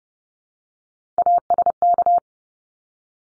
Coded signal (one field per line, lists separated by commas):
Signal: Morse code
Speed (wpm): 30 wpm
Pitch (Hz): 700 Hz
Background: none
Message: ASK